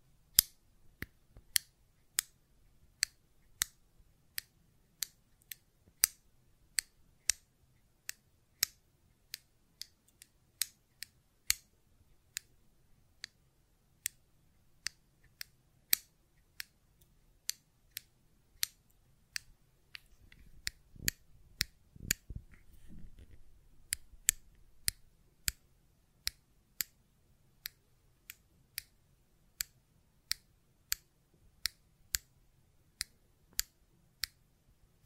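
Sharp, bright clicks from a fidget cube tick along steadily, roughly two per second, each one brief and crisp against a quiet low hum. Around twenty to twenty-five seconds a duller, fuller rustle of handling briefly thickens the sound before the even clicking resumes.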